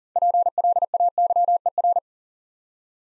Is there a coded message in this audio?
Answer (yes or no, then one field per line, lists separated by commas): yes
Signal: Morse code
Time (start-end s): 0.2-2.0 s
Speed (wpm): 38 wpm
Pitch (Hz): 700 Hz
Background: none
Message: PLAYER